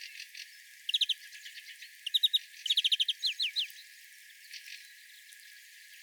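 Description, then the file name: European greenfinch calls: quick bursts of short, sharp chirping notes, several clustered near the middle, with fainter chirps before and after. "Chloris chloris"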